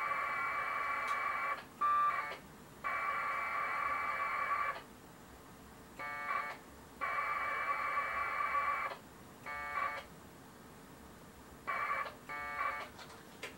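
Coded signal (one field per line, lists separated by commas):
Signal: packet radio (AX.25, as in APRS)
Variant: 1200 baud AFSK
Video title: Packet Radio UNIX shell session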